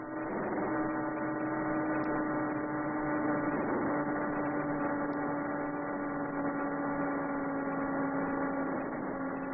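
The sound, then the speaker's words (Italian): A steady, buzzing radio signal from the Transit 4B satellite, a continuous harmonic drone that sounds much like an old car horn held down, unchanging for the whole stretch with no voices. “Infatti anche la voce del Transit 4B che state ascoltando assomiglia a quella di un vecchio clacson.”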